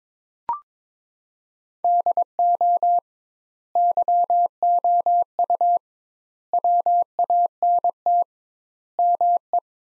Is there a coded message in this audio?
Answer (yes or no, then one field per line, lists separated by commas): yes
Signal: Morse code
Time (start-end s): 1.8-9.6 s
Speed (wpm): 22 wpm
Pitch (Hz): 700 Hz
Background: none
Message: DO YOU WANT ME